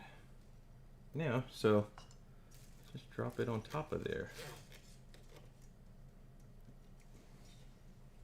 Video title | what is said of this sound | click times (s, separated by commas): Hardware Upgrades for 3D Printer - Ender 3 - Class 4 | And it might even like snap well it won't really snap into place but | none